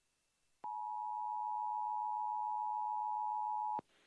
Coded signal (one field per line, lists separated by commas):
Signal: Emergency Alert System (SAME) tones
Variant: 853 and 960 Hz attention tone